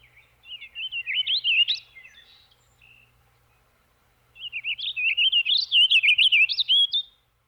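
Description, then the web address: Warbling vireo song: two long, rambling warbled phrases of quick rising and falling notes, separated by a short pause. Eastern North America. "Dan Gibson Wildlife Identification By Sound, Eastern North America Pt 2. Warbling Vireo"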